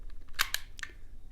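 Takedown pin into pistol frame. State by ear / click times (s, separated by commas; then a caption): seated / 0.4 s, 0.5 s. A steel takedown pin on a polymer-framed CZ P-09 Full Size Duty 9mm pistol is slid through the lined-up slide and frame during reassembly. Sharp metallic clicks at 0.4 s and 0.5 s mark the pin snapping into place, and it seats, followed by a further faint click near 0.8 s.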